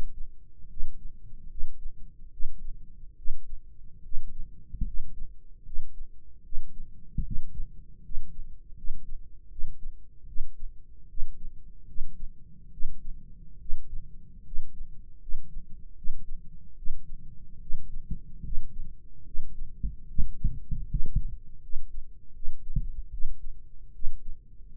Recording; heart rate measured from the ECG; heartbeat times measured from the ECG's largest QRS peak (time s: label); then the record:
heart sounds by microphone in the right ear; 75 bpm
0.67 s: heartbeat
1.47 s: heartbeat
2.30 s: heartbeat
3.15 s: heartbeat
4.02 s: heartbeat
4.84 s: heartbeat
5.63 s: heartbeat
6.42 s: heartbeat
7.22 s: heartbeat
8.01 s: heartbeat
8.74 s: heartbeat
9.48 s: heartbeat
10.25 s: heartbeat
11.07 s: heartbeat
11.85 s: heartbeat
12.70 s: heartbeat
13.58 s: heartbeat
14.43 s: heartbeat
15.19 s: heartbeat
15.94 s: heartbeat
16.75 s: heartbeat
17.59 s: heartbeat
18.42 s: heartbeat
19.24 s: heartbeat
20.07 s: heartbeat
20.87 s: heartbeat
21.60 s: heartbeat
22.32 s: heartbeat
23.10 s: heartbeat
23.92 s: heartbeat
24.72 s: heartbeat
From the record:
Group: healthy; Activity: rest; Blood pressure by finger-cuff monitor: 127/77 mmHg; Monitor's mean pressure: 94 mmHg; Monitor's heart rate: 74 bpm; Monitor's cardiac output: 6.2 L/min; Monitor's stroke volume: 83 mL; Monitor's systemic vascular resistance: 1110 dyn s/cm5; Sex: male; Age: 21 years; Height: 180 cm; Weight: 67.5 kg